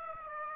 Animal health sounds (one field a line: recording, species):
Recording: mosquito wingbeat signal from an infrared sensor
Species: Aedes aegypti